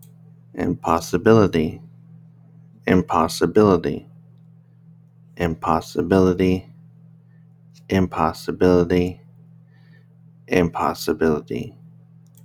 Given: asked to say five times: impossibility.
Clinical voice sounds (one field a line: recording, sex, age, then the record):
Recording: repeated word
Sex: male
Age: 30 to 39 years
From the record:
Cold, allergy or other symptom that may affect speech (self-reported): no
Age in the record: 32 years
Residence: Texas, United States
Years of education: 14